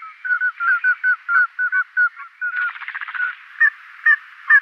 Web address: Schulze Peter Common Scoter males